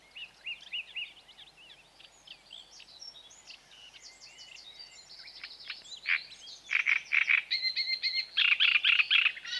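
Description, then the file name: Great reed warbler song building from softer chattering to loud, harsh croaking phrases and repeated strident notes. "Grotekarekiet"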